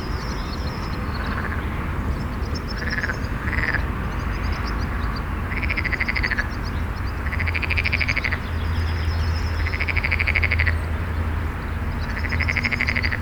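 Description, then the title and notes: Frog song: rattling croak bursts, some short and some lasting over a second, repeating throughout over steady low background noise. A frog singing next to a busy road with traffic, Rønne, Denmark; recorded on a Sony PCM-D100 with internal microphones. "Frog and traffic. Åkirkebyvej 163, 3700 Rønne, Denmark. A frog singing next to busy road. A bicycle is passing next to the recorder"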